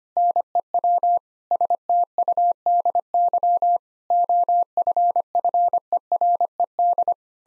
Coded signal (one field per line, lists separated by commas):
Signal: Morse code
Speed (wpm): 25 wpm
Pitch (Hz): 700 Hz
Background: none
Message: NEW STUDY OFFERED